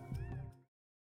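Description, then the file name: Caracal giving a short, low, rough meow-like call lasting under a second, then silence. Single individual caracal. "Rusty Caracal"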